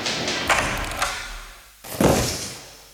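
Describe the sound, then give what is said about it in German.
A heavy object is slammed down onto a table with a loud, dull thud, preceded by a few lighter knocks and shuffling sounds. No one speaks. “Was haben Sie uns denn da auf den Tisch geknallt?”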